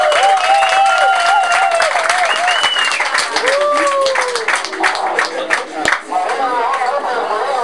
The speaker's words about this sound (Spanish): Recibámoslo con un fuerte aplauso, compañero.